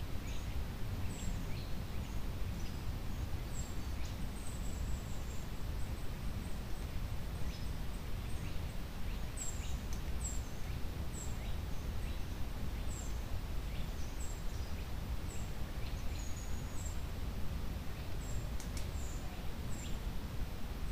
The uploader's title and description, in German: Waldrauschen Grünes und Weißes Rauschen. Dem leisen Rascheln der Blätter und gelegentlichen Vogelgesängen